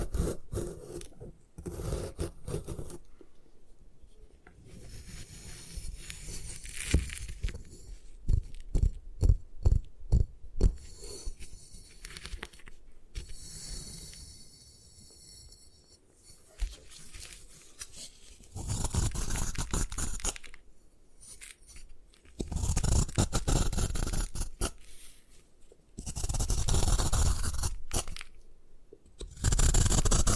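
Gym chalk is crushed and scraped in rough, crumbly bursts, with a run of quick rhythmic crunches midway and longer grinding passes near the end.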